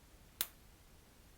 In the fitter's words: to bring both of these together, take your thumb, and push until you hear a click.